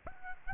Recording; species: mosquito wingbeat signal from an infrared sensor; Aedes albopictus